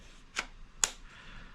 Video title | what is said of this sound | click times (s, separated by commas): Godox MF-R76S - Sony TTL Macro Ring Flash | you can hear a click sound and to release it you press this button | 0.8 s